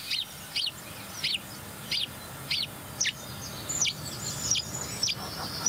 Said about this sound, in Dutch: Putter. Putter weer. Huismus weer.